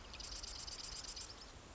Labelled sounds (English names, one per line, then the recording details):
Marsh Wren
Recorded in Sonoma County, California